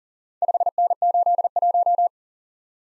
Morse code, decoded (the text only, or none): 5N81